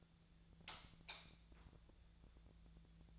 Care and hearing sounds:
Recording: daily activity, microphone in the room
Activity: light off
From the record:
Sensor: 3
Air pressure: 1000.0 hPa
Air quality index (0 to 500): 123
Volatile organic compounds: 2 ppm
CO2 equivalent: 1106 ppm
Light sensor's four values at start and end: 47/121/52/56 and 45/112/48/53

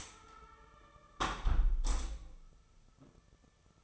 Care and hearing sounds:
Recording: daily activity, microphone in the room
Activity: close window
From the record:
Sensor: 1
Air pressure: 999.8 hPa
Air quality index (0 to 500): 230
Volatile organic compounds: 90 ppm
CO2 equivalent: 3687 ppm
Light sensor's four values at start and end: 11/27/10/11 and 10/25/10/11

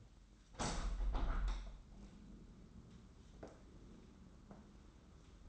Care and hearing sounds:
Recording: daily activity, microphone in the room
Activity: open window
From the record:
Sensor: 3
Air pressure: 994.4 hPa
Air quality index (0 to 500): 205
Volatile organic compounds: 1000 ppm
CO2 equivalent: 6858 ppm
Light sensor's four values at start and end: 91/218/87/80 and 106/248/101/94

